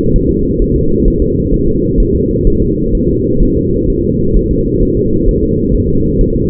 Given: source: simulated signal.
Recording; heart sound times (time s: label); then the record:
fetal heart sounds
0.16 s: S1
0.30 s: S2
0.62 s: S1
0.76 s: S2
1.08 s: S1
1.22 s: S2
1.54 s: S1
1.68 s: S2
2.00 s: S1
2.15 s: S2
2.47 s: S1
2.62 s: S2
2.95 s: S1
3.09 s: S2
3.43 s: S1
3.57 s: S2
3.90 s: S1
4.04 s: S2
4.37 s: S1
4.51 s: S2
4.83 s: S1
4.97 s: S2
5.28 s: S1
5.43 s: S2
5.75 s: S1
5.89 s: S2
6.21 s: S1
6.36 s: S2
From the record:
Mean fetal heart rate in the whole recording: 130 bpm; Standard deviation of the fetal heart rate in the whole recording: 4 bpm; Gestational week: 38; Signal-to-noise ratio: -15.3 dB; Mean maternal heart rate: 72 bpm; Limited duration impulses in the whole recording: present